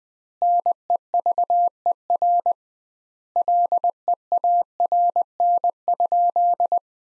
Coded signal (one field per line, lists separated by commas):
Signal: Morse code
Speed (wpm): 20 wpm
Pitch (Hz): 700 Hz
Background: none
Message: NEVER LEARN?